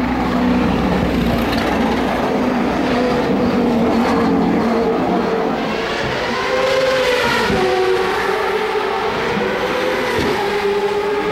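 Turbocharged V8 race cars at a street race roar steadily without a break. A low rumble fills the first half, then higher engine tones rise and sweep across the second half as cars shift and pass. A brief drop comes near the tenth second.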